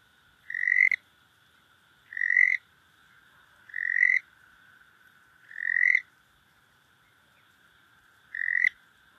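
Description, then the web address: Cliff chirping frog calling with short, bright chirps repeated every couple of seconds, five in all, over a steady high hum. North America. "Songs of Frogs Toads of North America. Cliff Chirping Frog"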